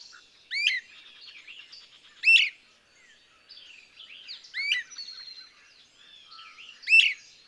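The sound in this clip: Birdsong with loud, sharp chirps roughly every two seconds, separated by softer twittering and warbled notes.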